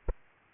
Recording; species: mosquito wingbeat signal from an infrared sensor; Aedes aegypti